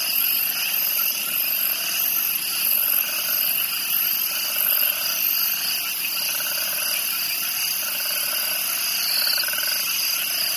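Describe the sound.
Crickets chirping in a shrill, unbroken chorus, with repeated bright high chirps in bursts and faint lower pulsing calls underneath.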